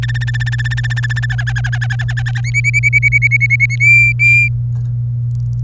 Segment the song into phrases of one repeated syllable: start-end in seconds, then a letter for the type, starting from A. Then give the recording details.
0.03-1.26 A, 1.30-2.41 B, 2.44-3.76 C, 3.80-4.48 D. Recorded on 27 April 2018 at 10:25. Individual llb3